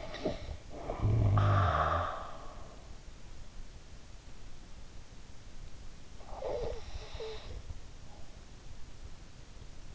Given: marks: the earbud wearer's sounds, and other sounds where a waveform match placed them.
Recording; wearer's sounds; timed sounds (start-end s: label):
sounds in sleep by an in-ear microphone; snoring breath
0.00-2.89 s: snoring breath
5.78-7.66 s: snoring breath